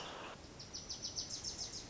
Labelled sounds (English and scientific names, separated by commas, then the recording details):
Wilson's Warbler (Cardellina pusilla)
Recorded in Sonoma County, California